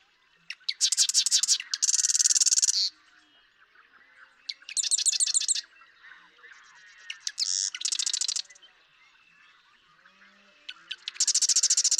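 Marsh Wren song repeated four times, each a loud rapid rattle or buzzy trill, sometimes preceded by quick ticking notes.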